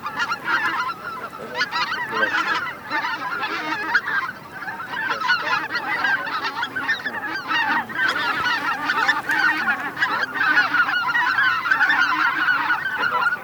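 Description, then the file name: Greater white-fronted goose: greater white-fronted geese calling as a dense flock, many overlapping high yelping honks and cackles blending into a continuous chatter throughout. Flock chatter of greater white-fronted geese, known as a goose 'bazaar', recorded for use in an electronic hunting caller. "Белолобый базар"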